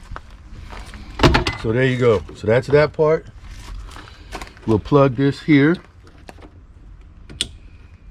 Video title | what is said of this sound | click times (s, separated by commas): 2014 Subaru Forester Tow Hitch ~ part 1 | nice click okay so that's good there | 7.4 s